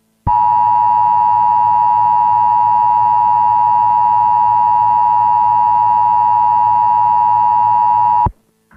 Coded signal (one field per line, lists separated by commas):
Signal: Emergency Alert System (SAME) tones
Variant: 853 and 960 Hz attention tone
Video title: EAS - Strange and Creepy Practice/Demo Warning on VHS (October 5th, 2010)